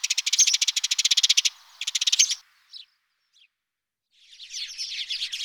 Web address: sons oiseaux moineau domestique